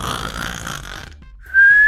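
A rough, rattling adult snore, then a short pause and a high whistling breath, in cartoon style.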